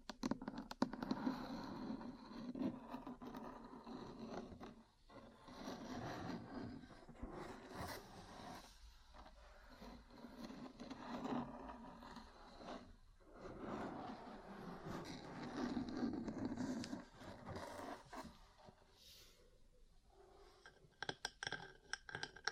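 Ear cleaning and massage sounds: dense rubbing and scraping come in long swells, broken by brief pauses near 5, 9 and 19 seconds.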